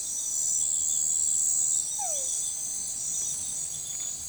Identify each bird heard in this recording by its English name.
none